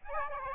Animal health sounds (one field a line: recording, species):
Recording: mosquito wingbeat signal from an infrared sensor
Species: Aedes albopictus